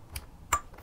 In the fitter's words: it clicks in place